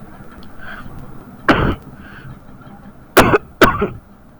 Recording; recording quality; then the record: heavy voluntary cough; excellent, no background noise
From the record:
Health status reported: healthy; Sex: male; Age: 24 years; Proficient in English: yes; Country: India